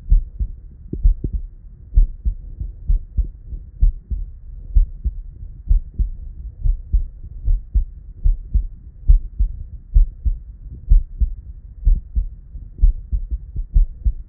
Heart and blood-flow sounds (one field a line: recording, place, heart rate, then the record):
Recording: heart sounds by stethoscope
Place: Erb's point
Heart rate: 66 bpm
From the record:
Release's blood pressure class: normal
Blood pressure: 98/45 mmHg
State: at rest